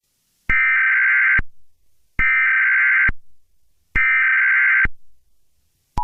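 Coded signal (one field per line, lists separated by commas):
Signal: Emergency Alert System (SAME) tones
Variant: header bursts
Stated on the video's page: Fictional EAS scenario.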